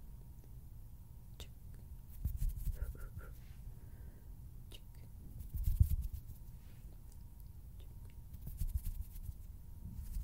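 Hand sounds and finger fluttering: soft low rustling and rubbing runs throughout, swelling around two, six and nine seconds. Sharp little clicks and ticks break in every second or so, and a faint steady tone hums underneath.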